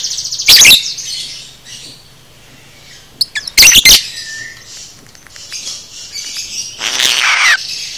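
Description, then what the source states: Lovebird chatter: two piercing shrieks with clicks between them, soft twittering, then a longer, raspy chattering burst at the end. Masteran (tutor) recording for training cage birds, aimed at 'paud' lovebirds.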